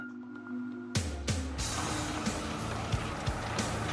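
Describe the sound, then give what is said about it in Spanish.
A low engine hum gives way to a loud, steady crunching rumble of heavy garbage trucks rolling over landfill, punctuated by several dull thuds, with no voices. “Camiones de basura que pasan sobre ella.”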